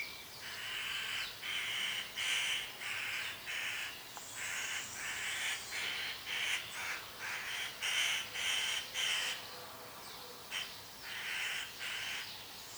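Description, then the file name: Eurasian magpie giving harsh, rattling chatter calls in rapid bursts, roughly two per second, with short pauses between runs. "Pica pica"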